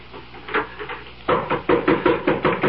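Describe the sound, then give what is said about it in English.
Knocking on a door in a building: a few soft raps, then a louder, faster, insistent run of about eight sharp knocks in a steady rhythm, with no voices. “You'd better go see before he wakes up the whole building.”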